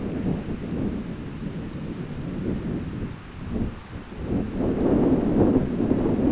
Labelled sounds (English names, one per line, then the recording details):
none
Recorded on Arctic tundra, site ZACK-1, on 16 June 2019
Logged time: 07:49